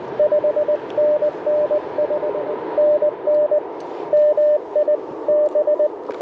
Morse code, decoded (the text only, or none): 5NN SNN MI B